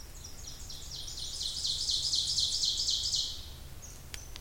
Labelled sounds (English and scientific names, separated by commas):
Ovenbird (Seiurus aurocapilla) song